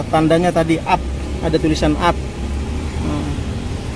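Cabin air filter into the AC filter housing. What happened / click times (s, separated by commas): A part is handled with no seating click / none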